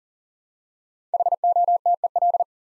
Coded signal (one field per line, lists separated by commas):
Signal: Morse code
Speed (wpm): 40 wpm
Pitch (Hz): 700 Hz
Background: none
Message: HOTEL